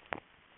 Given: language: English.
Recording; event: throat vibration sensor signal played as sound; swallow